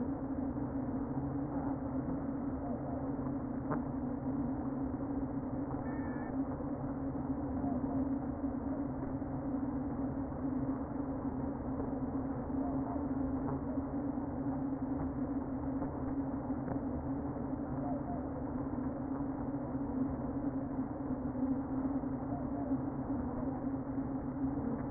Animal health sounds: honeybee colony, microphone inside the hive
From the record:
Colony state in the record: queen present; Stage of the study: before two queens were removed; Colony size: about 60,000 bees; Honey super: yes

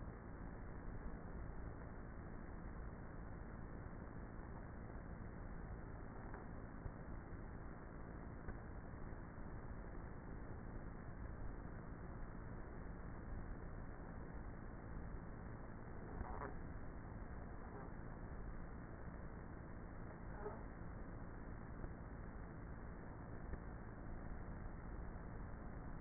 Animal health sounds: honeybee colony, microphone inside the hive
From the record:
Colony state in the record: queenless with a low population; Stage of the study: before two queens were removed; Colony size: about 30,000 bees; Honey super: no

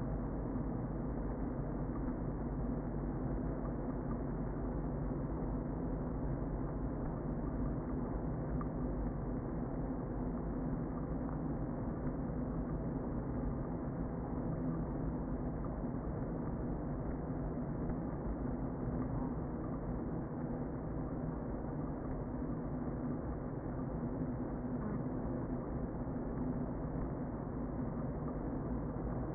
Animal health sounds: honeybee colony, microphone inside the hive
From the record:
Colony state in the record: queen present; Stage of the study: before two queens were removed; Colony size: about 60,000 bees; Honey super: yes

